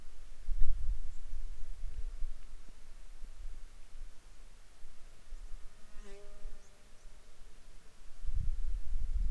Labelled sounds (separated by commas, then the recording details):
bird, insects
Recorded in Ivvavik National Park, Yukon, on 10 July 2019 at 09:32
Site SINP10